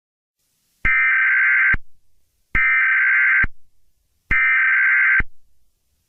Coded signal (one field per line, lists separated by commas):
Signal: Emergency Alert System (SAME) tones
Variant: header bursts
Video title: EAS Scenario #4: South Park